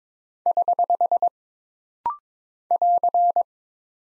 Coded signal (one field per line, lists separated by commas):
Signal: Morse code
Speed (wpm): 22 wpm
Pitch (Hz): 700 Hz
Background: none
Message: <HH> <AR>